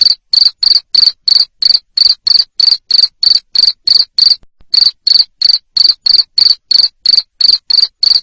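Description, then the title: Cricket calling with quick, evenly spaced shrill chirps, around three each second, pausing once midway. Loud cricket chirping used to make lovebirds sing continuously. "Suara JANGKRIK NGERIK Keras Bikin LOVEBIRD Jadi NGEKEK Terus Vubey"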